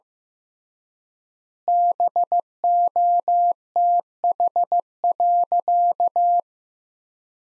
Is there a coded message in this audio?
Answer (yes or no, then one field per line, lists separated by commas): yes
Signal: Morse code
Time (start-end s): 1.7-6.4 s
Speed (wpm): 15 wpm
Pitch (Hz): 700 Hz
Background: none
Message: BOTH.